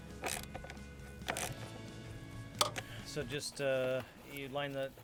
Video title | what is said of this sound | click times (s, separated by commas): Complete Walkthrough 2011 BMW X5 E70 N55 High Pressure Fuel Pump (HPFP) Part 2 | line the tab up and it just snaps into place. | 2.6 s